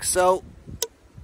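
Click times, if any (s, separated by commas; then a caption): 0.8 s. Someone talks while the metal axe head with saw of a Multitool Adventure Mate V2 is turned around and slid into the multitool handle until its locking button engages. A short, sharp click is heard at 0.8 s as the head locks in, followed by a faint low sound near the end. The axe/saw head seats in the handle.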